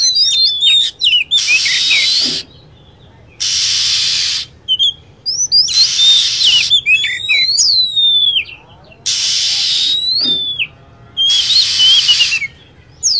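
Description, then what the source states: Lovebird calls, with repeated shrill whistles that slide down, some with hooked ends, broken by regular blocks of harsh hissing sound. Lure sound used to attract lovebirds.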